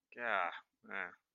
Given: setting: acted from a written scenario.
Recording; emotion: vocal sound without words; shame